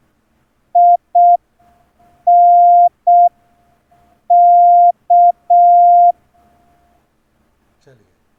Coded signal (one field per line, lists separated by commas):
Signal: Morse code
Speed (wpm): 6 wpm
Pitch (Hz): 700 Hz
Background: speech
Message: INK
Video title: Morse key setup, Reading Concepts and Morse code sending techniques (Special Edition in Hindi)